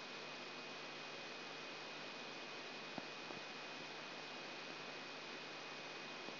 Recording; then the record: brain microelectrode recording played as sound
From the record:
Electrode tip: outside the subthalamic nucleus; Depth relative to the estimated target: -8 mm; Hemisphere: left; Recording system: AlphaMap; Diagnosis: Parkinson's disease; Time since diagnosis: 9 years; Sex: male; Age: 66 years